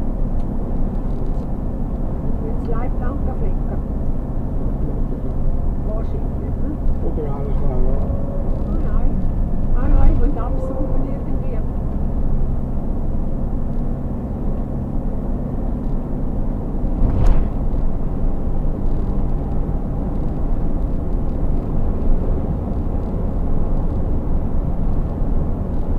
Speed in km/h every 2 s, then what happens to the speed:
81, 81, 81, 79, 79, 79, 79, 83, 85, 87, 88, 90, 92.
0-12 steady at about 79. 12-26 speeds up to 92.